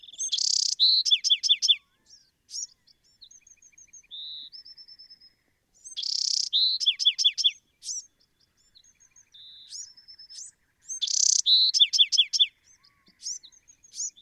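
Bewick's wren song: three bursts, each opening with a buzzy burst then rapid descending trill notes, separated by softer thin whistles and buzzes; clean background.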